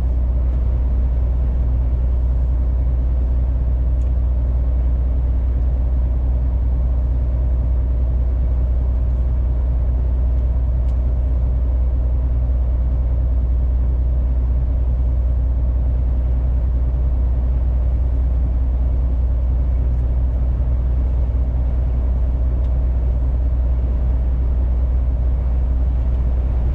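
A truck drives along with a deep, steady engine rumble that stays constant for the whole stretch. The low drone dominates, with a few faint tones above it and occasional small clicks or rattles, but no clear changes in speed.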